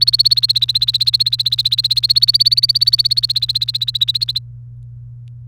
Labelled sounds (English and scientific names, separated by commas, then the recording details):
Domestic Canary (Serinus canaria) song
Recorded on 29 April 2018 at 17:41
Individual llb3